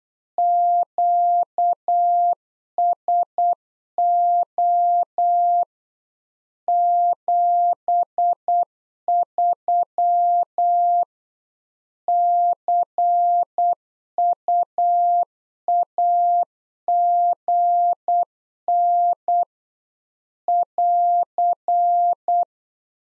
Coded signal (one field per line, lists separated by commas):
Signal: Morse code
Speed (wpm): 8 wpm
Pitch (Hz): 700 Hz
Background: none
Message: QSO 73 CUAGN <AR>